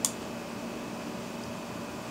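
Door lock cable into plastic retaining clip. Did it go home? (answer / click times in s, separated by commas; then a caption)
no / none. The door lock cable of a 2003-2007 Honda Accord driver's door is handled at its plastic retaining clip while the door lock actuator is being replaced. A brief sharp handling tick comes at 0.05 s over a steady broadband hiss. Nothing has seated or clicked yet.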